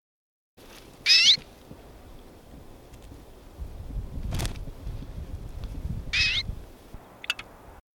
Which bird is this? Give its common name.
Common Redpoll